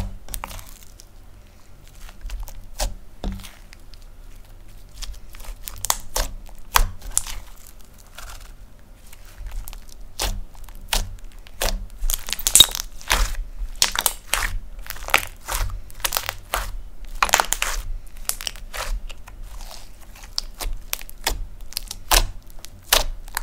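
Crunchy slime being poked, pressed and stretched, with a steady stream of sharp crackling clicks and pops. After a quieter first few seconds, the crunches grow dense and irregular, with bright snaps coming several times per second over a low rumble.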